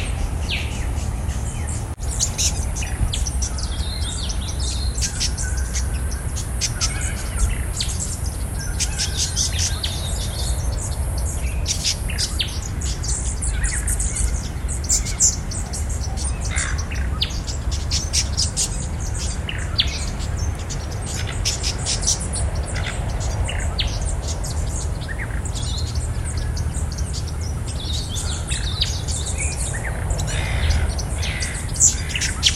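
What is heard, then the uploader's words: Outdoor nature sounds: frequent bright bird chirps and calls scattered throughout over a steady low rumble and faint constant background hiss. Raw sounds of nature.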